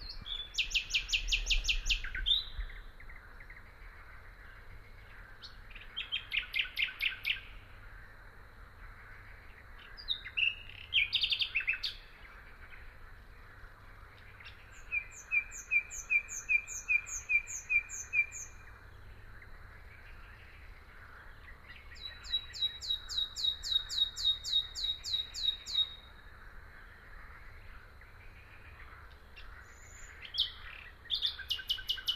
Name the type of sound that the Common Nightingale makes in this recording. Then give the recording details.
song. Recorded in the wild. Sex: male. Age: adult. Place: Teerofenbrücke, Nationalpark Unteres Odertal, Brandenburg, DE. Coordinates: 53.1333, 14.3525. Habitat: decidous forest. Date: 2013-05-05. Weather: clear, windless, 5°C. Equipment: Sound Devices 702, Sennheiser MKH 70, Rycote Windschutz. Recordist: Frommolt, Karl-Heinz